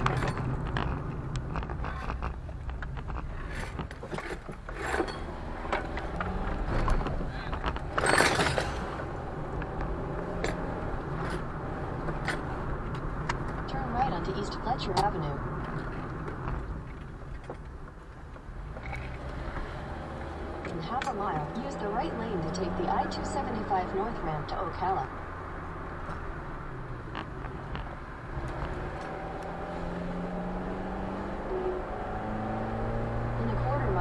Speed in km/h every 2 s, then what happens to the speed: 31, 11, 13, 24, 32, 40, 47, 47, 23, 23, 35, 48, 52, 32, 31, 45, 58.
0-2 brakes to 11. 4-11 speeds up to 47. 14-16 brakes to 23. 18-23 speeds up to 52. 24-28 brakes to 31. 28-34 speeds up to 58.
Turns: 0-2, 16-19, 25-28.